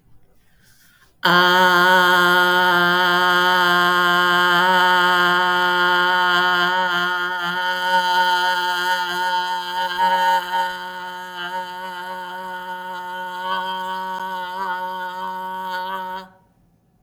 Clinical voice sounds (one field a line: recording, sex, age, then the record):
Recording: vowel held as long as possible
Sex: female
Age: 50 to 59 years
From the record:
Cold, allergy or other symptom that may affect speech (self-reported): no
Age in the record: 55 years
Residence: Massachusetts, United States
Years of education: 14